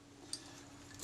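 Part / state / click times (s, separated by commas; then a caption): rewind button in film camera body / seated / 0.3 s. The rewind button on a Kodak Retinette II film camera body is pressed in after reassembly. A single small, sharp click sounds at 0.3 s over a low steady background hum. The button clicks into place and is seated.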